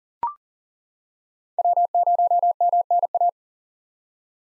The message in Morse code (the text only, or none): W0MNA